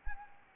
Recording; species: mosquito wingbeat signal from an infrared sensor; Anopheles gambiae